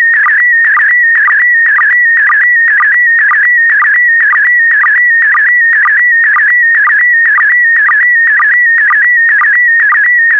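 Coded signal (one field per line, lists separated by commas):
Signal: SSTV (slow-scan television)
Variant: PD120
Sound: continuous warbling tone around 2 kHz with rapid regular chirping sync blips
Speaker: complete. You can now check your decoded image against the picture that is shown on the video.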